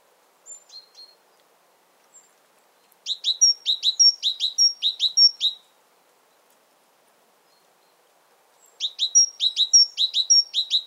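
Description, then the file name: Great tit singing bursts of rapid high, sharp two-part notes with thin whistles, two strophes separated by a few seconds of quiet. "Parus major"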